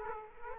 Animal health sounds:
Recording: mosquito wingbeat signal from an infrared sensor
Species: Aedes aegypti

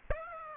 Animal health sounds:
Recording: mosquito wingbeat signal from an infrared sensor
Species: Aedes aegypti

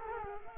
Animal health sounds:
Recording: mosquito wingbeat signal from an infrared sensor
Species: Culex quinquefasciatus

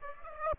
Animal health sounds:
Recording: mosquito wingbeat signal from an infrared sensor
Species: Aedes aegypti

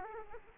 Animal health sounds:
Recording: mosquito wingbeat signal from an infrared sensor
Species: Aedes aegypti

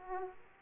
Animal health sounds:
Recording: mosquito wingbeat signal from an infrared sensor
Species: Aedes aegypti

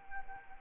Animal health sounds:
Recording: mosquito wingbeat signal from an infrared sensor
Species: Anopheles arabiensis

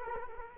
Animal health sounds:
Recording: mosquito wingbeat signal from an infrared sensor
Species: Culex quinquefasciatus

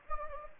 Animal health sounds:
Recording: mosquito wingbeat signal from an infrared sensor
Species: Anopheles gambiae

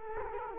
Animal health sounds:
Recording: mosquito wingbeat signal from an infrared sensor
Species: Culex quinquefasciatus

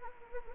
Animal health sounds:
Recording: mosquito wingbeat signal from an infrared sensor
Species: Anopheles gambiae

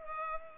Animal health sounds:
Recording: mosquito wingbeat signal from an infrared sensor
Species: Culex pipiens

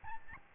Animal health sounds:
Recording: mosquito wingbeat signal from an infrared sensor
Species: Aedes albopictus

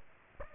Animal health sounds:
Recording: mosquito wingbeat signal from an infrared sensor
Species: Aedes aegypti

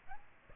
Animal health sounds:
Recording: mosquito wingbeat signal from an infrared sensor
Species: Aedes aegypti

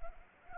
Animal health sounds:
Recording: mosquito wingbeat signal from an infrared sensor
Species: Anopheles arabiensis

